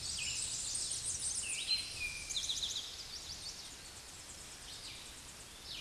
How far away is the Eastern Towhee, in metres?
about 15 m